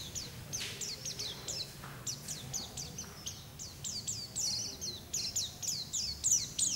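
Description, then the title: White-eye twittering song, fast high descending chirps in quick runs over a low background rumble. "Pleci"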